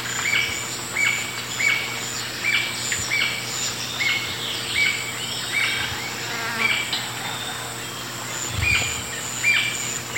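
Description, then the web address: Paradise jacamar calls, thin high whistled notes with a short downward trailing tail, repeated many times in an uneven series over steady insect hiss. South America, Eastern Lowlands. "Natures Songs S America Eastern Lowlands. Paradise Jacamar"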